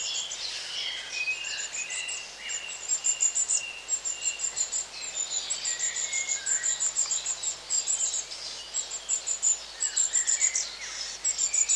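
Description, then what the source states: Long-tailed tits giving thin, very high calls in a dense, continuous chatter. Group of long-tailed tits giving feeding calls.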